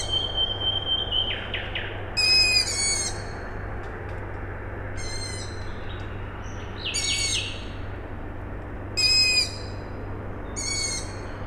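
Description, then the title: Owl chicks give several harsh, squeaky calls at uneven intervals, with a few other scattered notes and a persistent low machinery hum. Owl chicks calling at night, Tuesday 21 May 2019, Siemianowice Śląskie, Poland; an industrial plant heard in the background; recorded with a Zoom H5 recorder and Audio-Technica BP4025 microphone. "Siemianowice Śląskie, Polska - Owl chicks"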